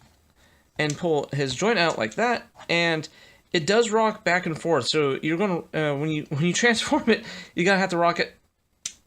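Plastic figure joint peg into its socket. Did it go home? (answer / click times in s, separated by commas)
yes / 8.9 s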